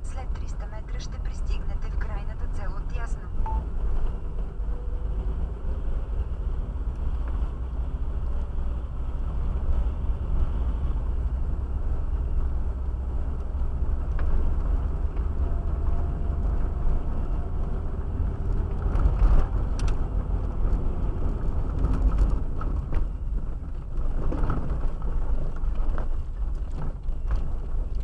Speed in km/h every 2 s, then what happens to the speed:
23, 21, 22, 25, 25, 26, 26, 29, 31, 34, 35, 17, 12, 18.
0-12 steady at about 25. 12-20 speeds up to 35. 20-23 brakes to 12.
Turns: none.